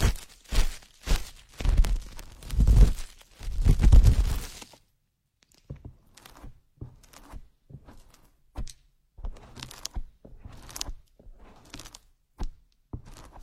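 Ear picking: dense scratchy rubbing and thumping dominates the first five seconds, loud with low thuds and crackling. After a brief silence, the sounds turn softer and sparser, separate scraping and tapping strokes arriving roughly every half second, with small bright clicks.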